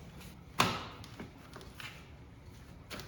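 A car seat adapter for a Thule Urban Glide 3 stroller is handled and slid toward the two slots on the sides of the stroller frame. A sharp knock comes at 0.6 s, followed by softer taps near 1.8 s and 3.0 s. Nothing has seated or snapped into place yet.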